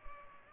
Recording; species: mosquito wingbeat signal from an infrared sensor; Culex pipiens